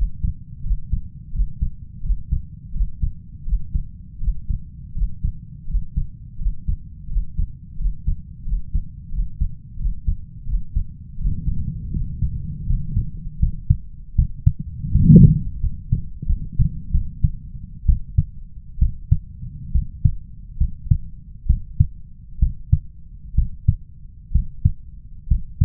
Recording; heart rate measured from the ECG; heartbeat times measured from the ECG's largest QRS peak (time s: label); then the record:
heart sounds by stethoscope; 78 bpm
0.63 s: heartbeat
1.32 s: heartbeat
2.02 s: heartbeat
2.73 s: heartbeat
3.45 s: heartbeat
4.20 s: heartbeat
4.94 s: heartbeat
5.67 s: heartbeat
6.38 s: heartbeat
7.08 s: heartbeat
7.77 s: heartbeat
8.44 s: heartbeat
9.11 s: heartbeat
9.78 s: heartbeat
10.46 s: heartbeat
11.17 s: heartbeat
11.92 s: heartbeat
12.66 s: heartbeat
13.39 s: heartbeat
14.15 s: heartbeat
14.91 s: heartbeat
15.60 s: heartbeat
16.26 s: heartbeat
16.91 s: heartbeat
17.86 s: heartbeat
18.79 s: heartbeat
19.72 s: heartbeat
20.57 s: heartbeat
21.46 s: heartbeat
22.39 s: heartbeat
23.35 s: heartbeat
24.32 s: heartbeat
25.28 s: heartbeat
From the record:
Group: healthy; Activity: breath hold 0-10 s, rest 10-26 s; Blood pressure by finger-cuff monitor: 107/74 mmHg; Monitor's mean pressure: 83 mmHg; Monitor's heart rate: 82 bpm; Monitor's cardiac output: 5.7 L/min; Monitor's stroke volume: 68 mL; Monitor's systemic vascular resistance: 1070 dyn s/cm5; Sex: male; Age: 21 years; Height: 170 cm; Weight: 71 kg